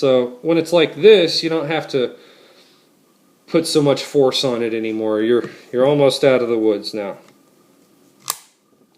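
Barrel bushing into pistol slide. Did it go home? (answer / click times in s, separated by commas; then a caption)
yes / 8.3 s. Someone talks while turning the barrel bushing of a STAR Model P .45 ACP pistol over the recoil spring plug at the muzzle end of the slide, with less force needed as it nears position. At 8.3 s a single sharp metal snap is heard as the bushing locks into the slide and seats.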